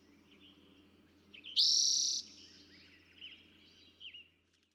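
Eastern towhee song, one loud buzzy trill followed by a few faint short notes.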